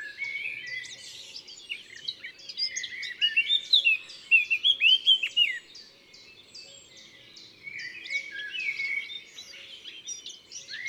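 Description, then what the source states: Common blackbird alarm calls: bursts of quick, sharp notes, loudest near the middle, then a pause and softer calling. Alarm calls recorded in the Drôme, France.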